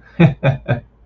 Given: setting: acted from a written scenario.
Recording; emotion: vocal sound without words; amusement